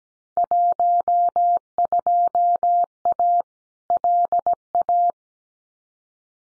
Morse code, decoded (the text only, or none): 12A LA